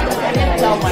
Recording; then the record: background sound without coughing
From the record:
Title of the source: Nightlife Party Simulating Party Club Noise 1 Hour